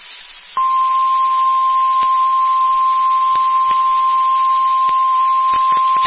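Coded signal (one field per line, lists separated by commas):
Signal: Emergency Alert System (SAME) tones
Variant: 1050 Hz attention tone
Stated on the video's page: Received on NOAA Weather Radio.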